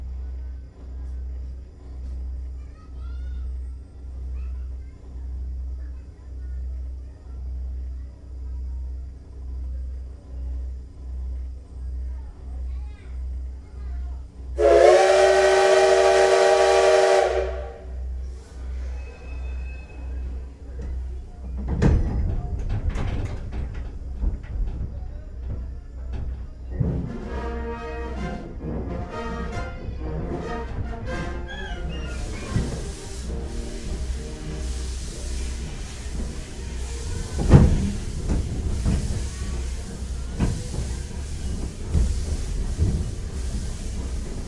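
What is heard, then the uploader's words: A steam locomotive departs a station, beginning with a low, rhythmic throbbing idle. Around 15 seconds a loud, bright whistle blasts for about three seconds, then from 22 seconds heavy chuffing, clanks and hissing steam build as the train pulls away, with hiss dominating the end. SLみなと室蘭140周年号 東室蘭駅発車走行音 "Steam Locomotive Train MINATO MURORAN 140th Anniversary" Higashi-Muroran Station departure sound. 東室蘭駅から室蘭駅方向に出発した際の走行音です。 2021年現在、東武鉄道で活躍している207号機です。警笛の音は171号機と比べると微妙な違いがあります。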